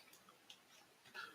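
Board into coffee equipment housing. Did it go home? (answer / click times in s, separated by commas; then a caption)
no / none. A board is pushed down into the housing of a coffee device. Several sharp knocks are heard, the loudest near 0.5 and 1.2 seconds, but the board does not go home. Nothing has seated or clicked yet, because a piece is interfering with it.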